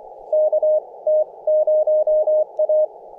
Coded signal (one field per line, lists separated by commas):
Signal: Morse code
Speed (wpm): 24 wpm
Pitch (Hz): 620 Hz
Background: none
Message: KT0A